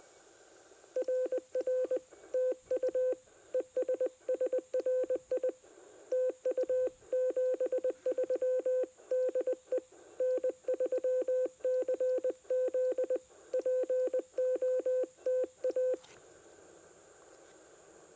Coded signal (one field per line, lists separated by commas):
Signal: Morse code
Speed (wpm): 20 wpm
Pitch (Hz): 510 Hz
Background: none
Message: RR TU ES SRI TU 73 DE N3CZ POTA